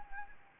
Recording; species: mosquito wingbeat signal from an infrared sensor; Anopheles gambiae